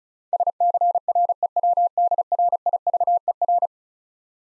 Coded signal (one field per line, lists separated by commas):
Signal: Morse code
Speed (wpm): 36 wpm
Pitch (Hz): 700 Hz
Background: none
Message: SCREWDRIVER